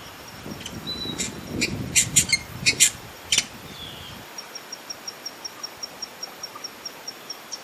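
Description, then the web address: Hyacinth visorbearer calling: a cluster of sharp, high, clicky chips, then a thin, even series of tiny ticks. "Hyacinth visorbearer. صدای-پرنده-آفتابگیر-سنبلی"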